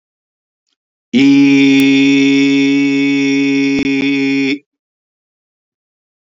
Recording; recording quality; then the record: sustained vowel as in beet; excellent, no background noise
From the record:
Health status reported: healthy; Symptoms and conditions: none ticked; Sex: male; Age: 52 years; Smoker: yes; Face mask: not worn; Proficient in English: yes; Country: India